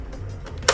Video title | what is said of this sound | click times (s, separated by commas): 창세모왕 다크나이트 텀블러 배트포드,modoking darkknight tumbler batpod 1/12,창세모형 다크나이트 배트포드 텀블러,蝙蝠俠 黑暗騎士,創世模王 batpod | direction and clicks into place. | 0.7 s